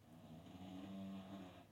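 A single drawn-out, low rumbling snore from a sleeping dog, with steady buzzing pitch through the breath.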